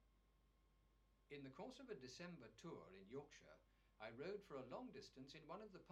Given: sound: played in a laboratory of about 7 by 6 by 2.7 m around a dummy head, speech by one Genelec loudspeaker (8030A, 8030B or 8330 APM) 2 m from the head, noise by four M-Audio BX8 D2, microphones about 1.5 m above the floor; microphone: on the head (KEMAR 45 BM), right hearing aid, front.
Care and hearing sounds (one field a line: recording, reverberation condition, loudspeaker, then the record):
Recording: male speech in English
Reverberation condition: low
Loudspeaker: 60 degrees to the right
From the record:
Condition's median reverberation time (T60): about 310 ms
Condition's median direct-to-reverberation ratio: about 3.5 dB